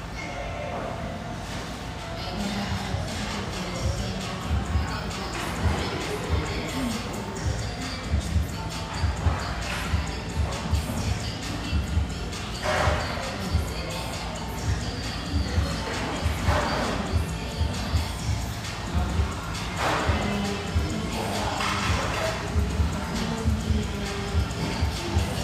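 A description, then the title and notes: A busy café with upbeat music, a steady low thumping beat running under a constant wash of overlapping chatter. Brief bright bursts of clatter rise out of the mix every few seconds, most clearly around the middle and near the end. Musical, upbeat vibe of this café with a view, located in a high rise.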